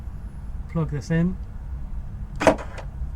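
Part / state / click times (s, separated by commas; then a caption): rear boot lock latch in car tailgate / released / 2.4 s, 2.5 s. Someone talks as a bent metal clip bridges the metal contacts of the disconnected boot release switch plug on a Mk5 Golf R32, firing the electric rear boot lock latch in the tailgate. The latch clicks open sharply at 2.4 s and 2.5 s over a low steady hum. The latch releases, showing the wiring and latch are fine and the fault is in the handle or boot release switch.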